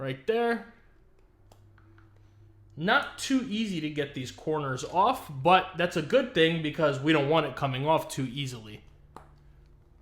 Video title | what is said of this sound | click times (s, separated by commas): The ENZO To BUY?? - Spigen Enzo Aramid for iPhone 15 Pro Max | Pretty nice clicks right there. Not too loud, but they are tightly fitting on there. | 9.2 s